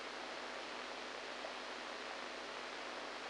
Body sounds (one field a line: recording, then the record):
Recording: brain microelectrode recording played as sound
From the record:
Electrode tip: inside the subthalamic nucleus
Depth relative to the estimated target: -2 mm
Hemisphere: right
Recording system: NeuroSet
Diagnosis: Parkinson's disease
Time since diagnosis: 7 years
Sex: male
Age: 69 years